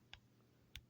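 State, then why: Not seated. A 1/4 inch click torque wrench set to 40 inch pounds is pulled on an 8 mm fastener, with two short, sharp ticks heard at about 0.1 s and 0.8 s over a low steady hum. The wrench has not clicked at the setting; only a difference is felt in the handle.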